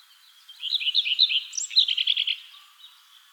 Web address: redstart sound